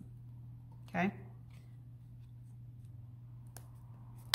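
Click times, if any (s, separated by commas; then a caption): 4.3 s. With the fabric centred, a plastic plate is pressed into a yo-yo maker cup. Someone talks briefly, there is a faint tick at 3.6 seconds, and the plate snaps home with a sharp click at 4.3 seconds, seating fully.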